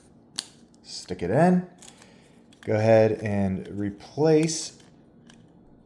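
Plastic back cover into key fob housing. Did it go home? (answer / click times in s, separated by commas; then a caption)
yes / 5.3 s. Someone talks while the plastic back cover of a Dodge RAM key fob is pressed back onto the fob body after a new 3V CR2032 coin-cell battery is fitted. A sharp transient is heard at 0.4 s, and the cover clicks into place at 5.3 s, seating it.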